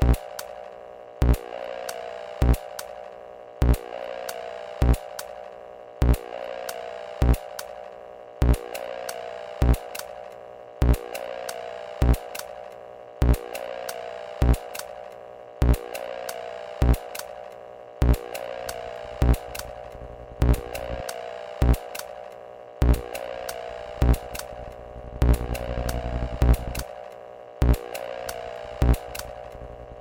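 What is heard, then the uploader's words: An empty cassette player runs with no tape inside, giving off a steady mechanical whir with a constant hum and some brighter hiss. A sharp click snaps through roughly every 1.2 seconds, very regular. Near the end, around 25 seconds, a low rumble swells briefly. Recorded the sound of a cassette player playing without a tape in it. Snatched portions of the result and programmed them up in Hydrogen. Altering pitches and gain was the only tweaking of the recordings.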